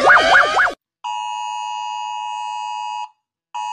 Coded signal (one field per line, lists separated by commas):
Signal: Emergency Alert System (SAME) tones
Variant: 853 and 960 Hz attention tone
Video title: Rating EAS alarms 1!